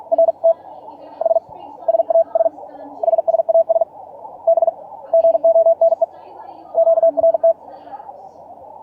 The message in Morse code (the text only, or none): RT S SAS SSAS B GONE QRT